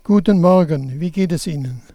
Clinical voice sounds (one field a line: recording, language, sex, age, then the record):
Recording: spoken sentence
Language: German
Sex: male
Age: 70 to 79 years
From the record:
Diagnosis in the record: dysarthrophonia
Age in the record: 72 years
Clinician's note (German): Bei M. Parkinson